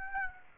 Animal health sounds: mosquito wingbeat signal from an infrared sensor; Aedes aegypti

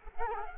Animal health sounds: mosquito wingbeat signal from an infrared sensor; Culex quinquefasciatus

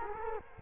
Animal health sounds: mosquito wingbeat signal from an infrared sensor; Culex quinquefasciatus

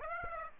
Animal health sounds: mosquito wingbeat signal from an infrared sensor; Aedes aegypti

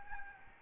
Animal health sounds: mosquito wingbeat signal from an infrared sensor; Aedes albopictus

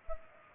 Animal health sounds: mosquito wingbeat signal from an infrared sensor; Culex pipiens

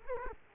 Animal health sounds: mosquito wingbeat signal from an infrared sensor; Culex quinquefasciatus

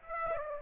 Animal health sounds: mosquito wingbeat signal from an infrared sensor; Aedes aegypti

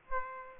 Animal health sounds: mosquito wingbeat signal from an infrared sensor; Aedes aegypti

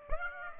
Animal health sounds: mosquito wingbeat signal from an infrared sensor; Aedes aegypti

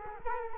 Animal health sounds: mosquito wingbeat signal from an infrared sensor; Culex quinquefasciatus

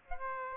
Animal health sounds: mosquito wingbeat signal from an infrared sensor; Aedes aegypti

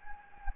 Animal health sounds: mosquito wingbeat signal from an infrared sensor; Anopheles gambiae

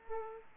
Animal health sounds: mosquito wingbeat signal from an infrared sensor; Aedes aegypti

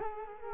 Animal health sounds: mosquito wingbeat signal from an infrared sensor; Culex quinquefasciatus

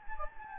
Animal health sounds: mosquito wingbeat signal from an infrared sensor; Anopheles gambiae

